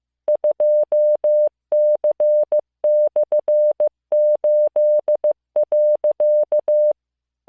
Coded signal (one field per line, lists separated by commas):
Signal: Morse code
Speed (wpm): 15 wpm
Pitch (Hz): 600 Hz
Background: music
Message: 2C/8.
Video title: モールス信号聞き流し1９ Learn Morse Code